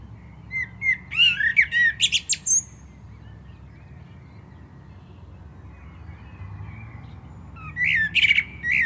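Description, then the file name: Common blackbird giving a phrase of flowing, fluty notes with squeaky trills, a lengthy quiet gap, then another warbled phrase starting. "Turdus merula"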